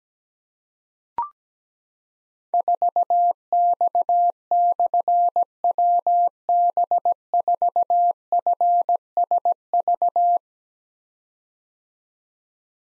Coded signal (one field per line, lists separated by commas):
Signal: Morse code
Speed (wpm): 17 wpm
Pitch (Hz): 700 Hz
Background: none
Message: 4X/WB4FSV